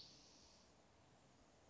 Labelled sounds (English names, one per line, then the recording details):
Spotted Towhee
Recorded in Sonoma County, California